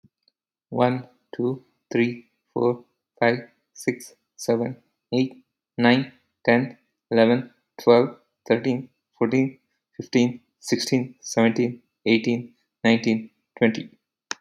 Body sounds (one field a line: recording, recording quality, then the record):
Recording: counting at a normal pace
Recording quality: excellent, no background noise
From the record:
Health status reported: exposed to COVID-19, no respiratory illness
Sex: male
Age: 41 years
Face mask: not worn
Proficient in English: yes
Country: United States